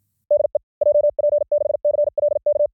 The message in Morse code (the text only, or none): DE JP6CLK